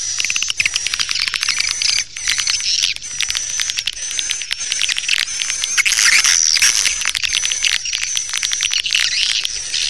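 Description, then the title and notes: Swiftlet calls, fast clicking trains mixed with shrill chirps and a steady high tone, one brief pause near two seconds. Swiftlet sound used for swiftlet farming in Asia. "Swiflet Bird Sound. Farming Swiflet Bird asia sound"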